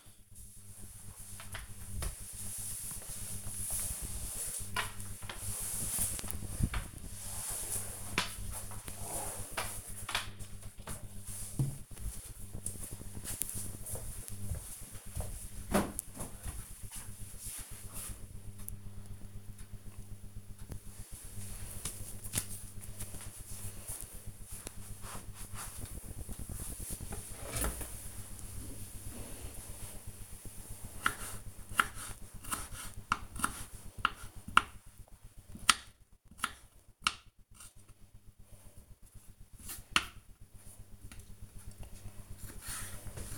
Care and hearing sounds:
household activities, microphone on the right wrist
0.00-10.57 s: floor cleaning
25.64-43.38 s: cutting vegetables

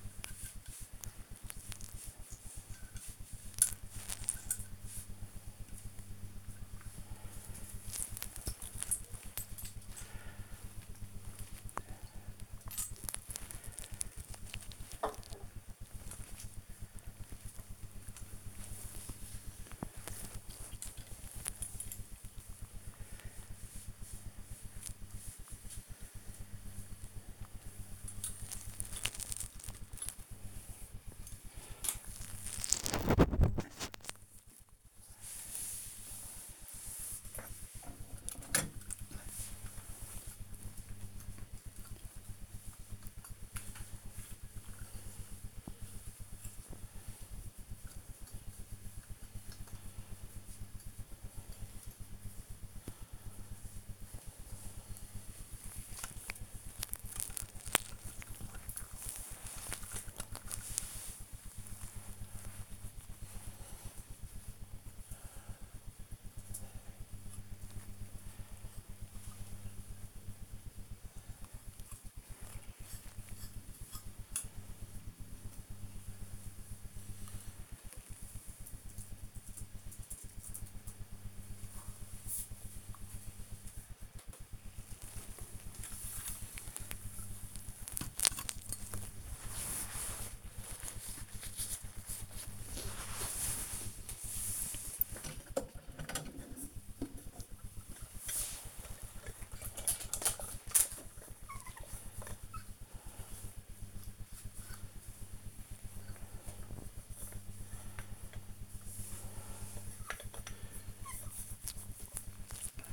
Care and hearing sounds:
household activities, microphone on the right wrist
0.00-77.63 s: dusting model cars
83.67-112.93 s: dusting model cars

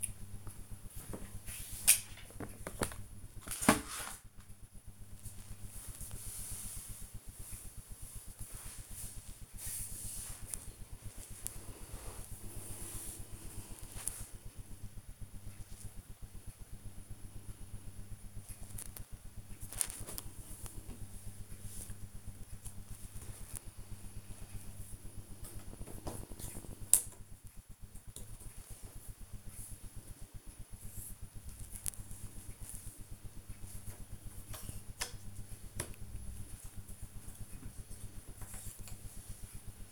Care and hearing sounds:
household activities, microphone on the right wrist
0.00-39.92 s: doing a puzzle

